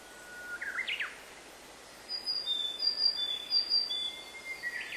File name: willow tit